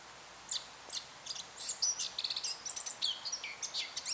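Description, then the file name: Eurasian blackcap song, a rapid jumble of high twittering and whistled notes through most. "Sylvia atricapilla"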